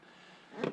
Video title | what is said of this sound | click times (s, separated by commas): How to change Spark plugs, Coils, and PVC valve on 2007 Nissan Versa. | you will hear them click | 0.6 s